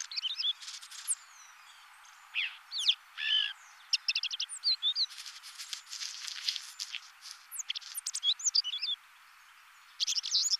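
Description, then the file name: Black redstart song: mixed chirps and slurred whistles alternating with long scratchy crackling passages, ending in a quick rattling burst. "Rougequeue Noir"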